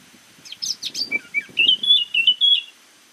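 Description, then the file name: Eurasian blackcap singing: a few sharp high chips, then a quick warbled string of rising and falling high notes. "Sylvia atricapilla"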